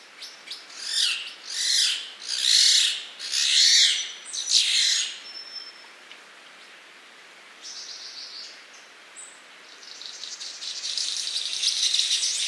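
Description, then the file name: King of Saxony bird-of-paradise giving harsh, buzzy, rasping bursts in quick succession over the first five seconds, then fainter hissing static-like sounds toward the end. "Trel pticy - CHeshujchataya rajskaya ptica Pteridophora alberti"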